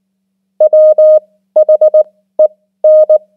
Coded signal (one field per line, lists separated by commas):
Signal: Morse code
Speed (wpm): 19 wpm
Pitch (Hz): 620 Hz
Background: none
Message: WHEN